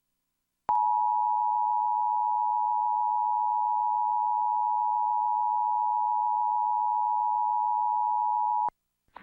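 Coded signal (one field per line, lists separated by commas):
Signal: Emergency Alert System (SAME) tones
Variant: 853 and 960 Hz attention tone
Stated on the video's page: Tornado Warning EAS alert on Comcast cable, personally recorded.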